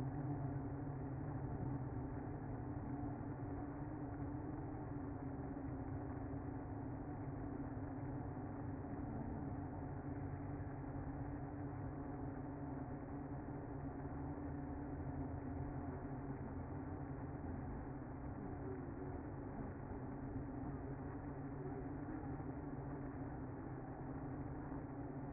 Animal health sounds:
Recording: honeybee colony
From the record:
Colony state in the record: active

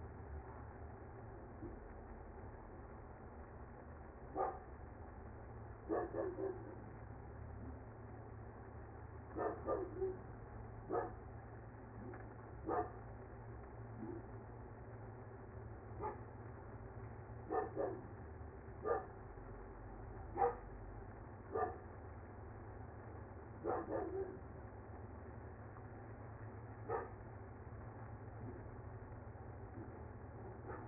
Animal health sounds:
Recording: honeybee colony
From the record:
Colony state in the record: active

